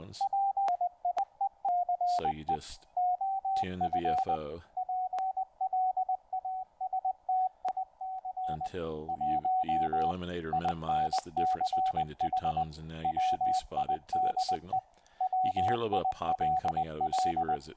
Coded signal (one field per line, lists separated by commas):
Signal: Morse code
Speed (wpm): 20 wpm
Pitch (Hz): 750 Hz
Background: speech, radio noise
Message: PIECE OF PLASTIC 1 INCH WIDE WILL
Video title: Operating CW using the N4PY Software